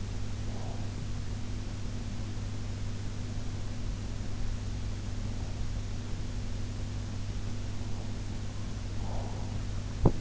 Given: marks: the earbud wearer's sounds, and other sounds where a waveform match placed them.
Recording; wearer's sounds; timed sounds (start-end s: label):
sounds in sleep by an in-ear microphone; breath, teeth grinding
0.00-1.15 s: breath
7.83-9.76 s: sound from someone else or the room
8.94-9.76 s: breath
10.00-10.21 s: teeth grinding